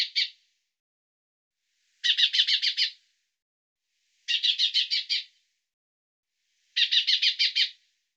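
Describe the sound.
Bird call: the end of one burst, then three runs of rapid high chattering notes, each about a second long, repeated every two seconds or so.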